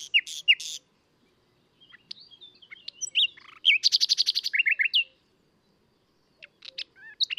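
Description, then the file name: Common nightingale song: scattered high chirps and whistles, then a loud rapid series of repeated buzzy notes for about a second before silence and a few closing notes. "Luscinia megarhynchos"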